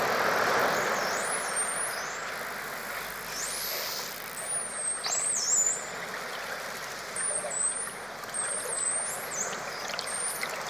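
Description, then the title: Dolphin whistles: several high, looping and rising sweeps, some overlapping, scattered through the stretch above a constant watery hiss. Underwater dolphins communicating with each other. "Dolphin Sounds Deep Underwater"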